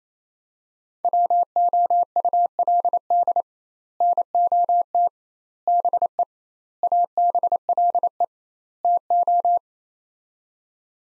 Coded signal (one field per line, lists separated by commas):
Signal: Morse code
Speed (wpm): 28 wpm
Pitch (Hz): 700 Hz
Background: none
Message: WOULD NOT BE ABLE TO